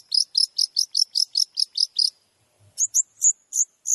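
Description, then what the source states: Long-tailed shrike song: a steady run of ten sharp high notes, then a brief gap and a slower series of thinner whistled notes. Masteran training recording for other shrikes, full of tembakan (shooting-style rapid notes).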